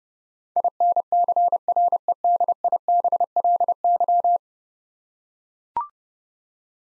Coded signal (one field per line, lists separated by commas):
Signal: Morse code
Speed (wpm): 30 wpm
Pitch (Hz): 700 Hz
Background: none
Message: INCREDIBLY